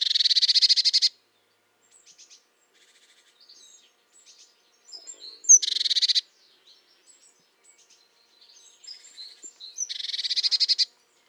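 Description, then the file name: Eurasian blue tit churring in three bursts, each a quick run of harsh buzzy pulses, spaced several seconds apart with soft high chips in between. "Cyanistes caeruleus"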